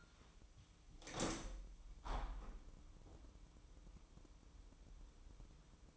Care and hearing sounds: daily activity, microphone in the room; open window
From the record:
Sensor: 1

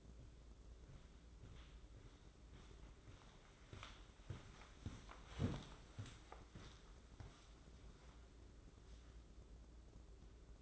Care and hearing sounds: daily activity, microphone in the room; walk to room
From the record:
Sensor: 3

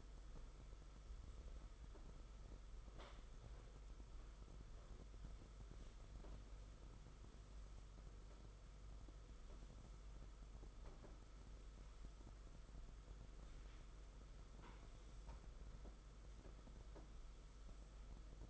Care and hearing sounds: daily activity, microphone in the room; sweep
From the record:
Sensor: 5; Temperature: 22.1 degrees Celsius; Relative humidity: 50.0%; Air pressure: 991.5 hPa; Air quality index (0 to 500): 120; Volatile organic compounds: 44 ppm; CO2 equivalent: 3207 ppm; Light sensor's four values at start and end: 42/132/50/54 and 42/133/50/54

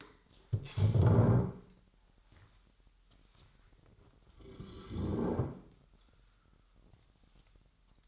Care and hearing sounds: daily activity, microphone in the room; stand up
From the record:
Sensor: 3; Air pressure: 998.5 hPa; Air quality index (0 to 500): 128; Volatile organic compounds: 3 ppm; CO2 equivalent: 1531 ppm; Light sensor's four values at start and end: 8/19/8/8 and 12/23/11/13

